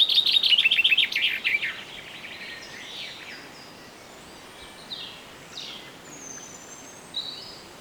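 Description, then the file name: Common chaffinch song: a fast descending trill of bright chirps lasting under two seconds, ending in a flourish, followed by faint high calls from other birds. "Fringilla coelebs"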